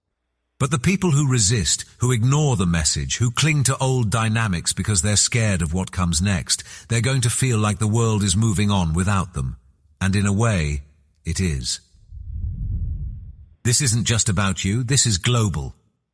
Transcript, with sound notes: But the people who resist, who ignore the message, who cling to old dynamics because they're scared of what comes next, they're going to feel like the world is moving on without them, and in a way, it is. (wind blowing) This isn't just about you. This is global.